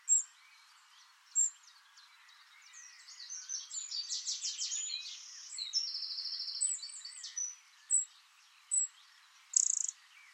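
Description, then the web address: Bird singing high, rapid chattering and buzzy trilled phrases for several seconds, framed by short separate sharp chirps before and after, over faint background hiss. "cianscape birddata Deverinetal 2025. Bird Only"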